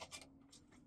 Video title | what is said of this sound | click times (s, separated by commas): Playstation 5 Complete Cleaning | Makes a nice click. | 0.5 s